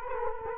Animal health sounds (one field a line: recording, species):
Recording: mosquito wingbeat signal from an infrared sensor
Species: Culex quinquefasciatus